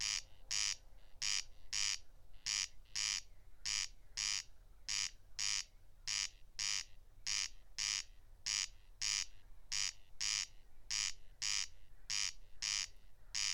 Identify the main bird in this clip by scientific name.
Crex crex